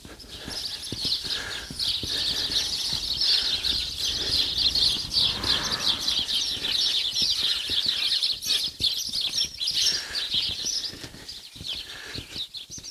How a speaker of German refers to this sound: Eine Schar Spatzen, wie man sieht, haben die sich hier unter dem First eines Hauses Zugang.